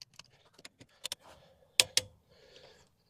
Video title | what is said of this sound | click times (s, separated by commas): Feels GREAT in Your Hand! Milwaukee 1/2" 250 ft-lbs Click Torque Wrench Review | listen to the click and the feel. | 1.8 s